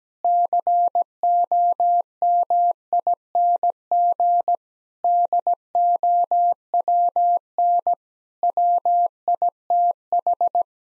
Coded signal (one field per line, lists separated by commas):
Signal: Morse code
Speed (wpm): 17 wpm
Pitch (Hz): 700 Hz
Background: none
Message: COMING DOWN WITH